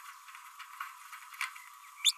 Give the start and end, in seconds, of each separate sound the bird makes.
2.04-2.12